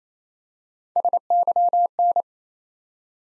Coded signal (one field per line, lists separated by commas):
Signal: Morse code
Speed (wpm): 27 wpm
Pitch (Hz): 700 Hz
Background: none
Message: SYN